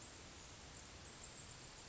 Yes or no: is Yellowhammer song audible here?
no